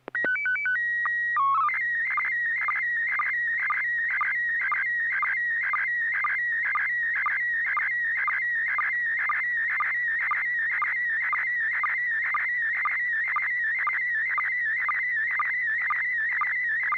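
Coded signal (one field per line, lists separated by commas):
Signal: SSTV (slow-scan television)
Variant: PD 120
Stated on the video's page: SSTV images sent with MMSSTV on a weekly SSTV net via an FM repeater on 441.300 MHz, Sacramento, CA.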